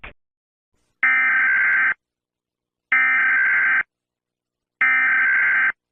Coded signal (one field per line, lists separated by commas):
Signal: Emergency Alert System (SAME) tones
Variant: header bursts